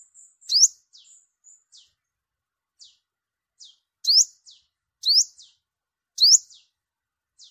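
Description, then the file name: Sunbird: a few short, thin flat whistles and soft ticks mixed with several sharp rising chips, the last three about one second apart. Vietnamese name: hút mật 5 màu, the five-colour sunbird. "tieng-hut-mat-5-mau-liu"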